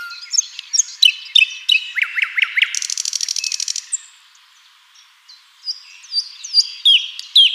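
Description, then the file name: Common nightingale song: rapid varied phrases of sharp chirps, a run of rising slurred notes, then a dense buzzy rattle lasting about a second, pause, then more clipped whistles. "Luscinia megarhynchos"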